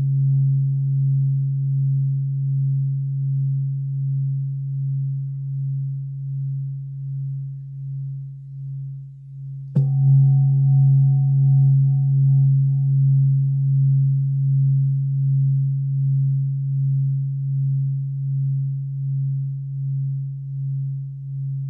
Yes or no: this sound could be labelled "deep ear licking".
no